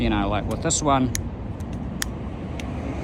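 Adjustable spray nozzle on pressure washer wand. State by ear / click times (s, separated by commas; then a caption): seated / 2.0 s, 2.6 s. Someone talks briefly while turning the adjustable spray nozzle on one wand of a Karcher K2 1750 psi pressure washer to its setting, over a steady low background hum. Sharp clicks at 2.0 s and 2.6 s mark the nozzle clicking into position, unlike the other wand, which doesn't click.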